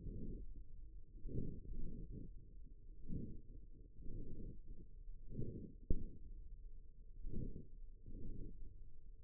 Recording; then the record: forearm muscle sounds (acoustic myography)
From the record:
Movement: wrist extension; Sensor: system 1, eight BSWA MPA416 microphones around the upper forearm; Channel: 3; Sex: male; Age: 54 years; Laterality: right